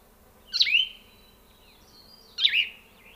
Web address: plumbeous vireo 1999-04 plumbious vireo song grand canyon